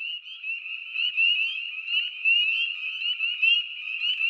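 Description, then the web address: Spring peepers calling together, countless high piping notes blending into one unbroken shrill trill with slight pulsing in loudness. "Dan Gibson Wildlife Identification By Sound, Eastern North America Pt 1. Spring Peeper Frog"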